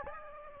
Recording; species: mosquito wingbeat signal from an infrared sensor; Aedes albopictus